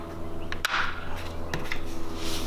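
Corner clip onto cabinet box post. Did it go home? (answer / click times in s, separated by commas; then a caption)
yes / 0.7 s. A plastic corner clip is pressed onto a post of a flat-pack Hampton Bay cabinet box to lock the back, top and bottom panels together, snapping into place at 0.6 s. Other short clicks come at 0.5 s, 1.5 s and 1.7 s over a steady low hum, and no one talks.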